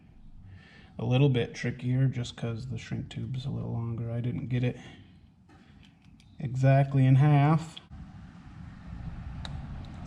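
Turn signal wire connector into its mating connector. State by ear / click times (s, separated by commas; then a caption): seated / 9.4 s. Someone talks while the second turn-signal wiring connector of a TST flush-mount signal kit on a Honda Grom, carrying a longer piece of shrink tube, is pushed into its mating connector. A sharp click at 9.5 s marks the connector snapping together and seating.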